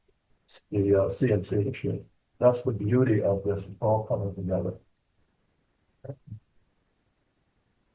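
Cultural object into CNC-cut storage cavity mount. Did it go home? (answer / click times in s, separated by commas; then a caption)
yes / 6.1 s. Someone talks, then a cultural object is pressed into a CNC-cut cavity in an MDO-board storage mount. A short sharp snap at 6.0 s shows it seated, a tight fit.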